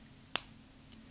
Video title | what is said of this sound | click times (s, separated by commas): TOP 3 IN EVERY CATEGORY // #4 Eyes: mascara, eyeliner, singles, palettes & more | did you hear that snap you know exactly when these are closed tight enough | 0.4 s